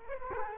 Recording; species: mosquito wingbeat signal from an infrared sensor; Culex quinquefasciatus